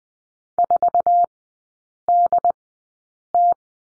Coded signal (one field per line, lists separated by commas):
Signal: Morse code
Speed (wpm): 20 wpm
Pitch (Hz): 700 Hz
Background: none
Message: 4DT